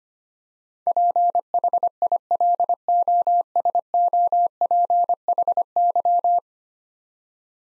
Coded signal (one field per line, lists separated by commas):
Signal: Morse code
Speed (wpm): 25 wpm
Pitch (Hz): 700 Hz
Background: none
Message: PHILOSOPHY